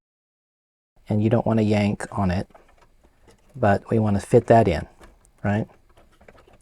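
Someone talks while fitting the analog board back into place in the compact Mac chassis, handling it carefully without yanking on it. Faint small ticks follow near the end, and nothing has seated or clicked yet.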